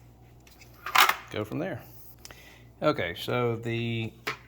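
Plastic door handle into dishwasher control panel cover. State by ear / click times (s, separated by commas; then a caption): not seated / none. A new plastic door handle is handled at the control panel cover of a Bosch SHE46C dishwasher during a broken-handle replacement, with brief knocks and rustles near 0.9–1.1 s and 2.3 s while someone talks. Nothing has seated or clicked yet.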